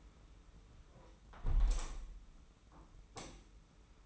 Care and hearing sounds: daily activity, microphone in the room; close window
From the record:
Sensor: 1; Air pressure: 991.3 hPa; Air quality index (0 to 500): 116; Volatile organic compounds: 166 ppm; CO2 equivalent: 4088 ppm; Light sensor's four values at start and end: 38/118/47/48 and 38/117/46/48

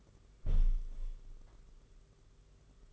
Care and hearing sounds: daily activity, microphone in the room; close window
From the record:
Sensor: 4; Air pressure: 991.2 hPa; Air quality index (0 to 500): 153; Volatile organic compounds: 103 ppm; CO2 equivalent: 3774 ppm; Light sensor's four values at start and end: 6/14/5/6 and 6/14/5/6

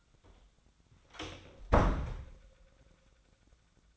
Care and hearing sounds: daily activity, microphone in the room; close door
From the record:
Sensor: 3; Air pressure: 1009.2 hPa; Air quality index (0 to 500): 198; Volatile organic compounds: 4 ppm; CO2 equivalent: 1595 ppm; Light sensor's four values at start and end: 44/115/50/50 and 43/115/49/50

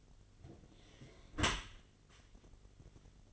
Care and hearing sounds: daily activity, microphone in the room; close dishwasher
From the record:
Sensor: 4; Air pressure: 1007.5 hPa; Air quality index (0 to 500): 200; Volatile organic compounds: 7 ppm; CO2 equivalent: 1993 ppm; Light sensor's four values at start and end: 22/70/27/26 and 22/71/27/26

